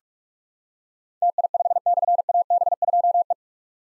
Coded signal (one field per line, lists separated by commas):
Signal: Morse code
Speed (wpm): 44 wpm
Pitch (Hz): 700 Hz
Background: none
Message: TI5/AB2E